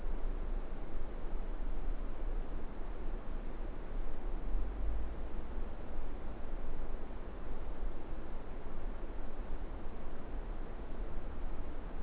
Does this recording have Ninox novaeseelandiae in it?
no